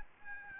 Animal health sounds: mosquito wingbeat signal from an infrared sensor; Aedes albopictus

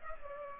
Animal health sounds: mosquito wingbeat signal from an infrared sensor; Culex pipiens

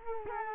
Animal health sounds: mosquito wingbeat signal from an infrared sensor; Culex quinquefasciatus

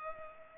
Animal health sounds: mosquito wingbeat signal from an infrared sensor; Culex pipiens

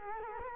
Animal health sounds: mosquito wingbeat signal from an infrared sensor; Culex quinquefasciatus

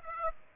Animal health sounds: mosquito wingbeat signal from an infrared sensor; Aedes aegypti

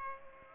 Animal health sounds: mosquito wingbeat signal from an infrared sensor; Aedes aegypti

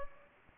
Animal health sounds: mosquito wingbeat signal from an infrared sensor; Aedes aegypti

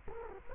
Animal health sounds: mosquito wingbeat signal from an infrared sensor; Culex quinquefasciatus

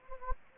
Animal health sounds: mosquito wingbeat signal from an infrared sensor; Anopheles gambiae

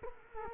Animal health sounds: mosquito wingbeat signal from an infrared sensor; Culex quinquefasciatus

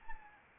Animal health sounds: mosquito wingbeat signal from an infrared sensor; Anopheles arabiensis

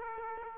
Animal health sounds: mosquito wingbeat signal from an infrared sensor; Aedes aegypti

